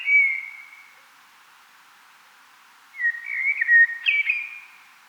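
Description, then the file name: Common blackbird song: a mellow fluted note fades out at the start, then after a pause comes a warbled, fluty phrase ending in a brief higher twitter. "Turdus merula"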